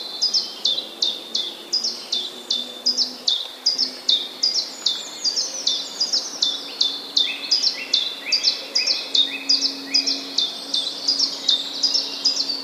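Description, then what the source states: Common chiffchaff song: a steady run of high, sharp, dropping notes alternating slightly in pitch, about one per second, with lower chirps from another bird joining midway. Recorded 16 April 2011.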